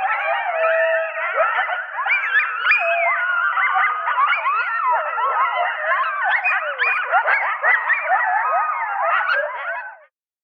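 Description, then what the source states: Coyotes in a frenzied chorus of many wavering, sliding howls and excited yips overlapping for about ten seconds before stopping abruptly. Coyote family group rally: the whole group getting together to promote social bonds; a chorus of howls and yips.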